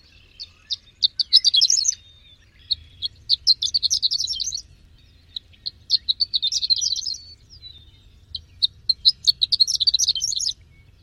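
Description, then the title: Bird singing in repeated bursts of quick, high twittering notes, each phrase lasting about two seconds and separated by short gaps; low background rumble. "kikicau"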